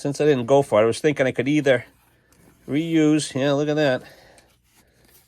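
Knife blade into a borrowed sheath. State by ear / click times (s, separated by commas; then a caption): not seated / none. Someone talks while a Terava Jaakaripuukko 110 knife blade is pushed into a sheath borrowed from another knife, with only faint handling noise after the speech. The blade goes in but does not snap into the retention, and no click is heard because the knife is too tall to fit.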